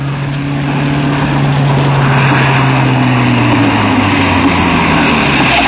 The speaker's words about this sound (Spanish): Un momento. Mira, quizá tengamos suerte. Un coche se acerca.